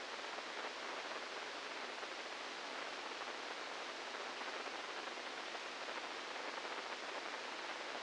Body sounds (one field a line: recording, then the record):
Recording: brain microelectrode recording played as sound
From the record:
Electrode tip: inside the subthalamic nucleus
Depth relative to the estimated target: -3 mm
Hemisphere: left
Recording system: NeuroSet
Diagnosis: Parkinson's disease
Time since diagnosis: 15 years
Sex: female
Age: 59 years